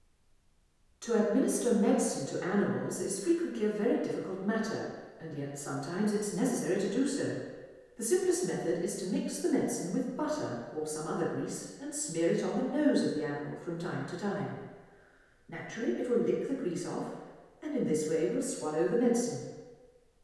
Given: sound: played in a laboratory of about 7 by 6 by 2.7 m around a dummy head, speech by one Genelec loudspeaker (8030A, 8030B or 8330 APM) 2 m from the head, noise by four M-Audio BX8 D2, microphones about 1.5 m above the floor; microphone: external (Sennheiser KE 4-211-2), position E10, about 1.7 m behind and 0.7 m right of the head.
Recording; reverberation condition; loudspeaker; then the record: female speech in English; high; 60 degrees to the left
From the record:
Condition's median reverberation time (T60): about 1300 ms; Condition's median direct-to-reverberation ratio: about -4.0 dB